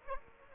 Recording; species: mosquito wingbeat signal from an infrared sensor; Aedes aegypti